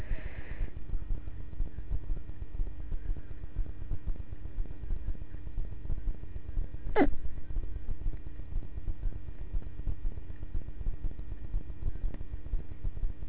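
A single abrupt, sharp catch of breath from an adult breaks through a steady low background hum roughly halfway through. It is a hiccup, the sudden involuntary spasm of the diaphragm snapped off by closure of the vocal cords.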